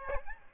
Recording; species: mosquito wingbeat signal from an infrared sensor; Aedes albopictus